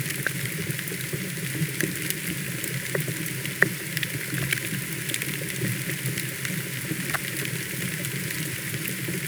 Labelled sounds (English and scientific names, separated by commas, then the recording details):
none
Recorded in pastures near Puerto Asís, Putumayo, Colombia, on 30 June 2025 at 15:00
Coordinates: 0.486, -76.323
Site H29